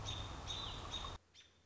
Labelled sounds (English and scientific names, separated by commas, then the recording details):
American Robin (Turdus migratorius)
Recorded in Sonoma County, California